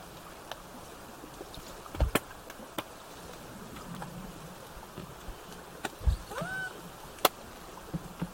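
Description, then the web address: Killer whale call, a short upswept harmonic squeal near the end, amid scattered sharp clicks and steady underwater hiss. Southern Resident killer whales with a calf present, recorded 17 September 2024 in bouts between 16:32 and 17:50. "SRKW bouts 240917-1700-OS-L 90 calf 240917-1632-1750-OS-L 90 calf"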